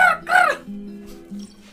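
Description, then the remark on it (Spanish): A parrot once kept on air at Radio Sonar squawks twice in quick succession, loud and harsh with a raspy, harmonic edge, then falls silent while a low, steady hum carries on underneath. “¡Loro! ¡Loro! ¡Pepito, Pepo! ¡Pepa, Pepo! ¡Sandra! ¡Sandra! Pero qué loro maleducado, che.”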